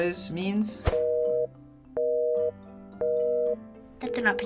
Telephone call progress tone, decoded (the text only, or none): busy tone